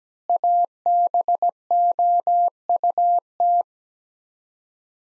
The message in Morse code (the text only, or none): ABOUT